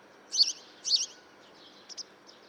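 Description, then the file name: House sparrow giving two loud rasping chirps close together, followed by a couple of faint short notes. "Passer domesticus"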